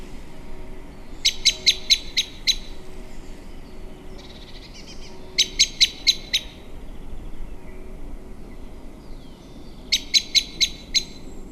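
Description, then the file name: Common blackbird calling in three rapid series of hard, clipped chink notes, five or six per burst, spaced several seconds apart. "Turdus merula"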